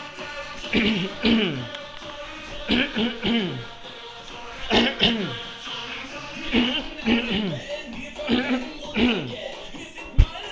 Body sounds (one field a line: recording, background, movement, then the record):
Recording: throat clearing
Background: music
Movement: walking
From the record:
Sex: male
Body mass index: 20.6 kg/m2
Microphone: on the chest, facing the body